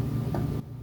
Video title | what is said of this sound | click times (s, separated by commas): I built my dream watch from Aliexpress | There you go. You hear it. If you hear that snap, that means it's good. | 0.4 s